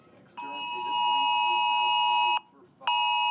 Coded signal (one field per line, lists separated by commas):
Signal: Emergency Alert System (SAME) tones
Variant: 853 and 960 Hz attention tone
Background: speech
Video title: EAS #67 - National Periodic Test 2021 on Radio, Phone and TV!